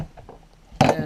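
A removable angle guide is pulled off an electric knife sharpener, its lips unclipping from over a screw head. After a few faint ticks, a sharp, loud click at 0.8 s marks the guide releasing from the sharpener.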